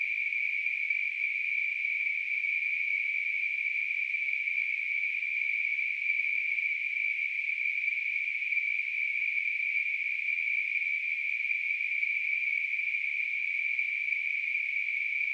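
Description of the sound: Simulated tinnitus sound from a device: a steady, continuous hissing band of noise centered around 2–2.5 kHz, with a fainter band near 4.5 kHz, holding the same level throughout.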